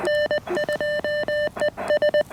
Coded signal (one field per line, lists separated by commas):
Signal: Morse code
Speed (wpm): 21 wpm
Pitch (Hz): 600 Hz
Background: none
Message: N2ES